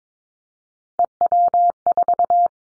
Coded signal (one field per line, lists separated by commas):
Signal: Morse code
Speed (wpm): 22 wpm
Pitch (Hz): 700 Hz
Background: none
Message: EW4